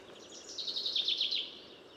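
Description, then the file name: Common chaffinch: a short run of rapid, bright notes stepping downward in pitch over about one second, against soft low background hiss. "Fringilla coelebs"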